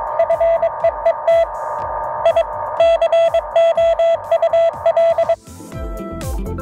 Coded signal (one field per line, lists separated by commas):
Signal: Morse code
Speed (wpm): 22 wpm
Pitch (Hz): 670 Hz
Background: music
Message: FEET I COUL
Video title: My Portable Folding Hamshack Chair